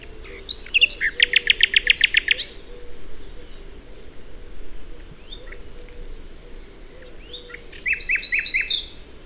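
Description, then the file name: Common nightingale song: a fast run of loud, evenly repeated chirping notes for about two seconds, then quieter whistles and a second shorter rapid series near the end. "Luscinia megarhynchos"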